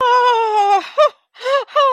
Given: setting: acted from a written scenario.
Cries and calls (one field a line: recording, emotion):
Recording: vocal sound without words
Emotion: elation